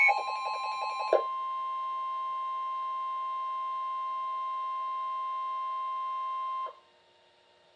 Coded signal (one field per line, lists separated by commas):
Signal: Emergency Alert System (SAME) tones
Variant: 1050 Hz attention tone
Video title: NOAA Weather Radio Alert #479-481 (3 Flash Flood Warnings)